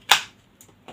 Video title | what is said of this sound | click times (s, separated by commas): 23rd October 2022 vlog | That click is nice, you know it's in there, it's not coming out easily unless you draw it out | 0.1 s